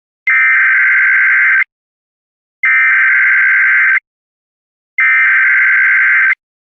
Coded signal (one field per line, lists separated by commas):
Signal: Emergency Alert System (SAME) tones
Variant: header bursts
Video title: National EAS Test (EAS# 1,111)